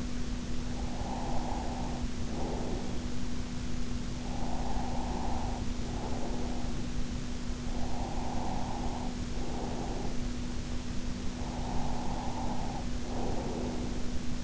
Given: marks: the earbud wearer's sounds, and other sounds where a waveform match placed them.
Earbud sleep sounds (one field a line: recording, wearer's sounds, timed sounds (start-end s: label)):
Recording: sounds in sleep by an in-ear microphone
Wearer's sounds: breath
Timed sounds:
0.72-3.29 s: breath
4.26-7.29 s: breath
7.75-10.49 s: breath
11.29-14.32 s: breath